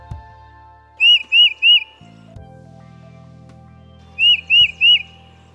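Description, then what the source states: Titmouse song: two bursts of three clear, whistled notes in quick succession, peter-peter-peter, over a faint steady low hum. Song described as a distinctive rapid 'peter peter peter', heard more often as winter begins to wind down.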